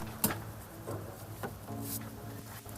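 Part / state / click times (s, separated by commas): injector wiring connector into its mating socket on the engine / seated / 0.2 s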